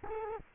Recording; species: mosquito wingbeat signal from an infrared sensor; Culex quinquefasciatus